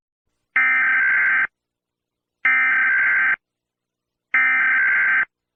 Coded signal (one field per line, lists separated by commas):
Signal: Emergency Alert System (SAME) tones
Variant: header bursts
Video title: Accidental EAS Activation